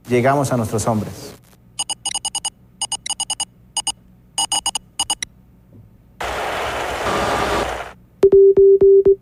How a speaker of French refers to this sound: Donc, on a changé ça en code morse ici, comme vous entendez le code morse. Et plus tard, on l'a intégré dans une chanson, comme si le code était juste un instrument de musique.